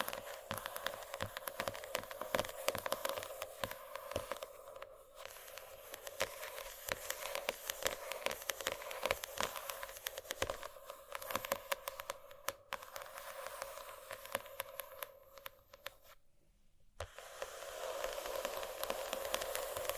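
Dense, bright scratching continues in rapid crackly strokes, with a thin steady tone underneath and a brief near-silent gap around sixteen seconds.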